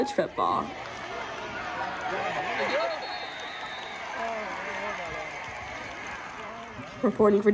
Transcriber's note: nat sound: football stadium cheering sound